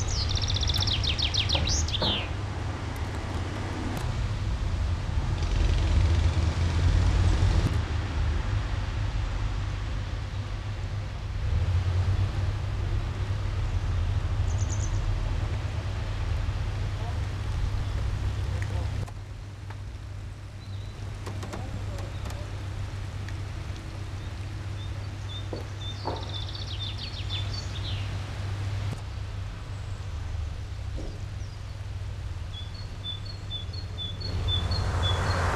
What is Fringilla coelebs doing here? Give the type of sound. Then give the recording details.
song. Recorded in the wild. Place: Garmisch-Partenkirchen, Bayern, DE. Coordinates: 47.4808, 11.0461. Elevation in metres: 736. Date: 1980-04-01. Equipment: Uher 4000, Sennheiser MKH 415 T. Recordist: Tretzel, Erwin